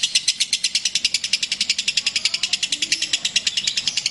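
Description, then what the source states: Lovebird long trill, a very rapid string of many high, even pulses continuing without a break. Master song recording of lovebird ngekek, the long trilling style, called among the longest, used as kicau pancingan, a lure song to prompt other birds.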